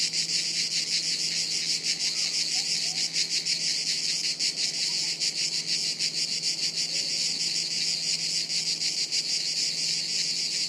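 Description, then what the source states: Cicada chorus, a relentless high shimmering buzz pulsing quickly, with a steady low hum and a few faint chirps underneath. Chorus of cicadas high in the trees overhead, woods near Sirolo, Italy, hot afternoon, August 23.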